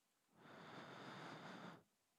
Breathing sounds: one breath near a microphone; inhalation

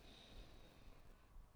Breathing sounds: one breath near a microphone; inhalation

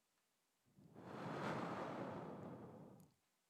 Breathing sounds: one breath near a microphone; exhalation

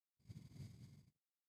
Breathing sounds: one breath near a microphone; exhalation

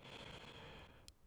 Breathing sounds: one breath near a microphone; inhalation

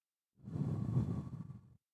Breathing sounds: one breath near a microphone; exhalation

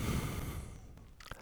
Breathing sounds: one breath near a microphone; exhalation

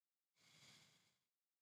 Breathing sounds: one breath near a microphone; exhalation

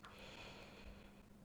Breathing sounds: one breath near a microphone; inhalation

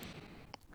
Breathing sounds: one breath near a microphone; inhalation

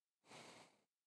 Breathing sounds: one breath near a microphone; exhalation

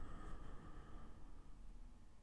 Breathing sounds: one breath near a microphone; exhalation

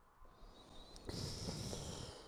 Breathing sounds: one breath near a microphone; inhalation

